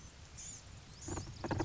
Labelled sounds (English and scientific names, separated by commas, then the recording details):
Blue-gray Gnatcatcher (Polioptila caerulea)
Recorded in Sonoma County, California